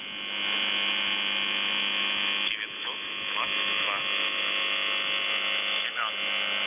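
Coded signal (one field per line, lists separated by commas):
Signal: channel marker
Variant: UVB-76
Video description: "The Buzzer" is a Russian military radiostation that broadcasts on 4625 kHz.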